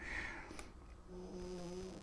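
Soft, low rumbling snores from dogs sleeping in a quiet room, with a faint steady hum underneath.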